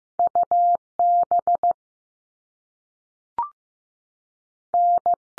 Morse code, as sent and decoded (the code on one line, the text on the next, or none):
..- / -... / -.
U B N